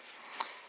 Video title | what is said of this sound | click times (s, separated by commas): How to Replace a Needle and Seat on a Yamaha Quad with a Mikuni Carburetor | Just pops right into place. | 0.4 s